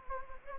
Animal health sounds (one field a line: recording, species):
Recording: mosquito wingbeat signal from an infrared sensor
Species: Anopheles gambiae